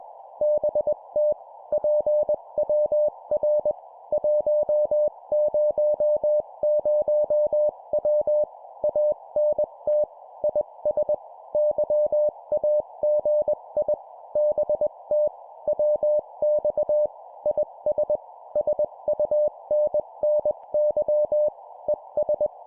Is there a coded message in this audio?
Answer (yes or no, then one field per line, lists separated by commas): yes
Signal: Morse code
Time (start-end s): 0.4-22.5 s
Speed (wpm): 21 wpm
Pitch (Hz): 600 Hz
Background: none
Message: BT PWR 100W ANT IS YAGI BT WX IS SUNNY ES